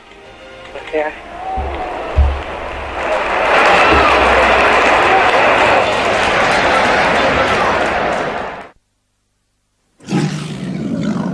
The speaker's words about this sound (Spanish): Un pedazo de aplauso para este gran colaborador.